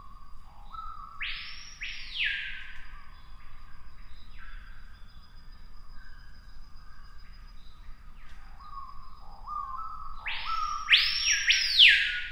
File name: piha bird scream